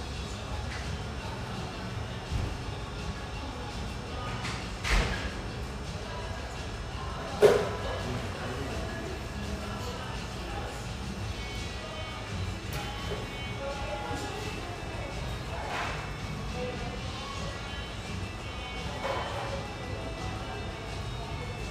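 A steady hum of voices fills an espresso house near the Vancouver riverfront, with a low rumble underneath throughout. Brief clatters and thuds cut through now and then, the loudest knock near the middle, with softer clinks scattered before and after.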